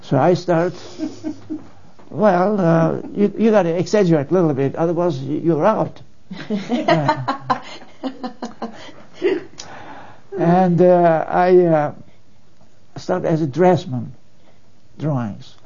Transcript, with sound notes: So I start - Well, you - you gotta exaggerate little bit otherwise you're out. (laughs) And I start as a draftsmen - drawings.